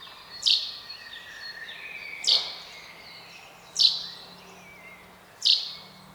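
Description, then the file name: Common chaffinch calls: four short, sharp, high notes, each with a brief downward flick, spaced about every one and a half seconds, over a faint steady background hiss. "Fringilla coelebs"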